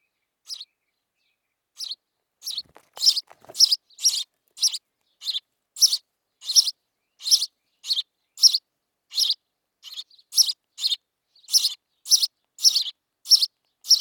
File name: Passer domesticus